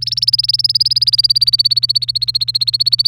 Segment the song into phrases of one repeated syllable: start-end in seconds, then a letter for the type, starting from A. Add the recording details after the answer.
0.01-3.07 A. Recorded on 1 May 2018 at 07:33. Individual llb3